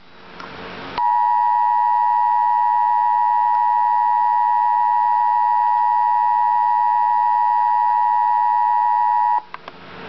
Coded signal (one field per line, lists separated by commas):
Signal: Emergency Alert System (SAME) tones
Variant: 853 and 960 Hz attention tone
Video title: Real EAS Alert #28 - Tornado Warning